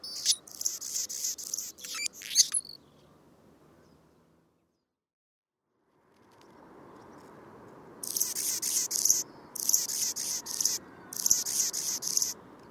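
Anna's hummingbird singing thin, squeaky, buzzy phrases. An opening burst gives way to a silent gap, then the dry, insect-like song resumes in three close bursts.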